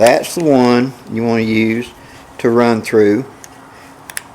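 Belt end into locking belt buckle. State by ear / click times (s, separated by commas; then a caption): partly seated / 4.1 s, 4.2 s. Someone talks while running the sealed end of a hidden-pocket belt through its locking belt buckle to secure it. Sharp clicks sound at 4.1 and 4.2 seconds. The buckle latch is not fully engaged.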